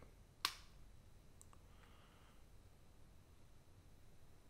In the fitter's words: if you press this down until you hear a click